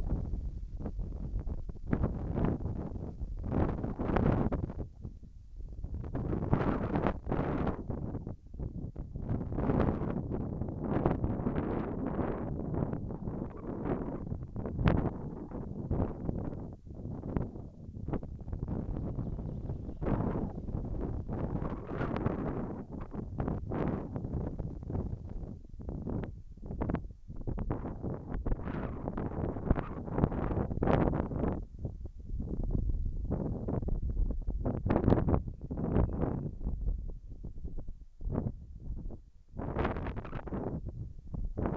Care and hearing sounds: everyday scene through a hearing-aid microphone; wind on the microphone; wind, whistling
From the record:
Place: in front of a rural house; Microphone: behind the ear, left, front

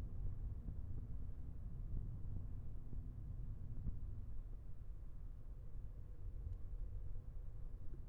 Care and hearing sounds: everyday scene through a hearing-aid microphone; in a vehicle; engine, traffic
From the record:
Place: Skoda Fabia, gasoline engine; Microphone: behind the ear, left, front

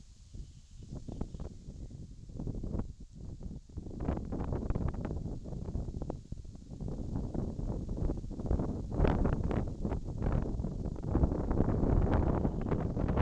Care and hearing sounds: everyday scene through a hearing-aid microphone; wind on the microphone; wind, birds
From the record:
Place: in front of a rural house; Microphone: in the ear canal, left

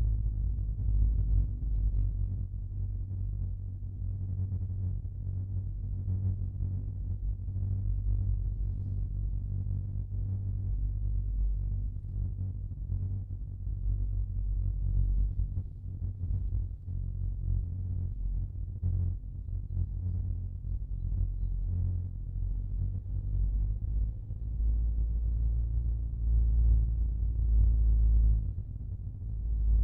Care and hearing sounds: everyday scene through a hearing-aid microphone; in a vehicle; engine, rumble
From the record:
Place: Skoda Fabia, gasoline engine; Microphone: in the ear canal, left

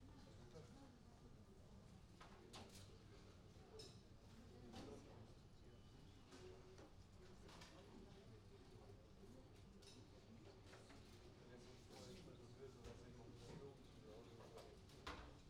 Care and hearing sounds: everyday scene through a hearing-aid microphone; many people talking; many voices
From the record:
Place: university cafeteria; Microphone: in the ear canal, right

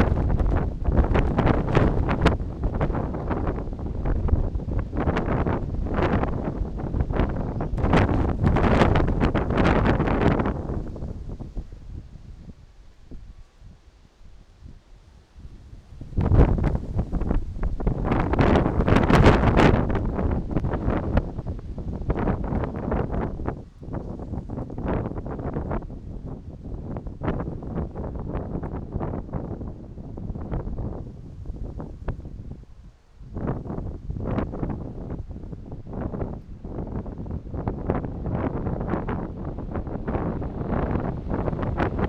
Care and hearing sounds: everyday scene through a hearing-aid microphone; wind on the microphone; squally wind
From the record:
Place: parking lot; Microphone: in the ear canal, right

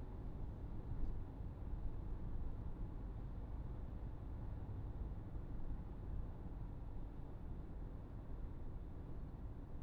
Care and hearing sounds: everyday scene through a hearing-aid microphone; in a vehicle; engine, traffic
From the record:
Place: Berlingo II, diesel engine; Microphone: behind the ear, right, front

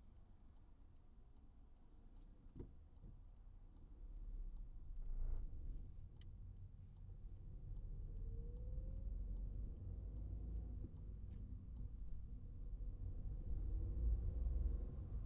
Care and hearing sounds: everyday scene through a hearing-aid microphone; in a vehicle; engine, traffic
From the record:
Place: Skoda Fabia, gasoline engine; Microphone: behind the ear, right, front

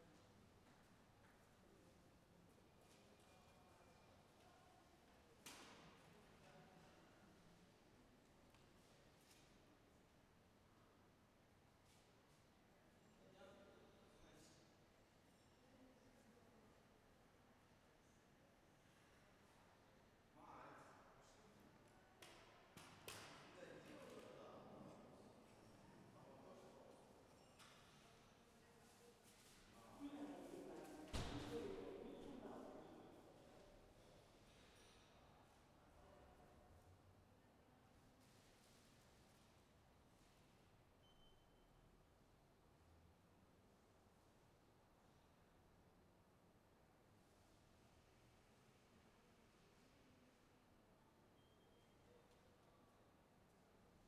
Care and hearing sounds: everyday scene through a hearing-aid microphone; reverberant space; background noise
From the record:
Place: railway station hall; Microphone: behind the ear, left, front

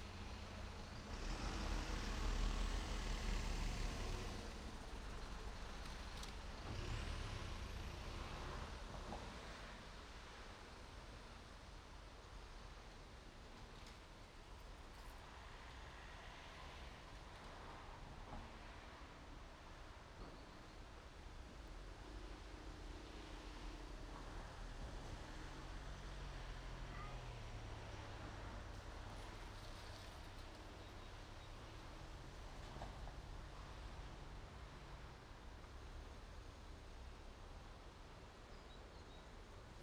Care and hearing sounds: everyday scene through a hearing-aid microphone; in traffic; traffic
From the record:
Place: main road on the outskirts, rush hour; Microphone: in the ear canal, right

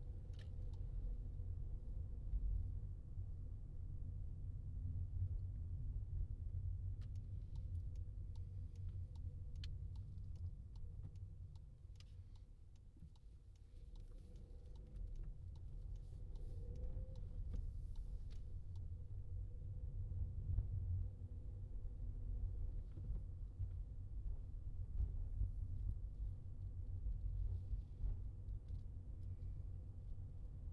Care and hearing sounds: everyday scene through a hearing-aid microphone; in a vehicle; engine, highway traffic jam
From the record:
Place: Skoda Fabia, gasoline engine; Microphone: in the ear canal, left

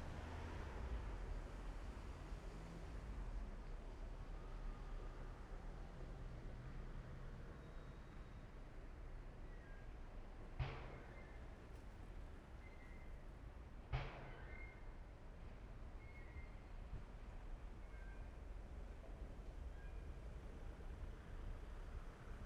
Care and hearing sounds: everyday scene through a hearing-aid microphone; in traffic; traffic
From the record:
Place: main road on the outskirts, rush hour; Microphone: behind the ear, left, rear

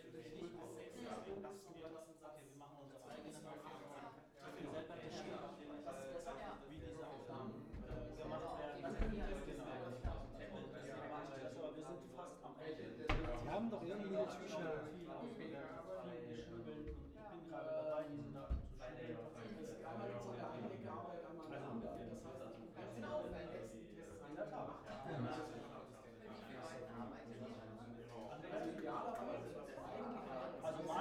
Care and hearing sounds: everyday scene through a hearing-aid microphone; many people talking; many voices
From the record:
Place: bistro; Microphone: behind the ear, right, front

